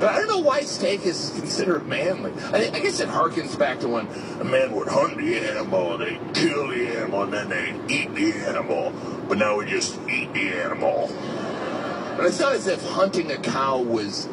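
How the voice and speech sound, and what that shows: Fluent adult male speech at an easy conversational pace and normal pitch, with faint background rumble.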